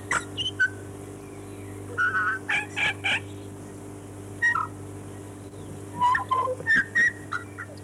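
Chatham Island tui singing varied phrases of gurgling whistles, sharp clicks and thin high notes, in clusters with brief gaps, over a constant low droning hum.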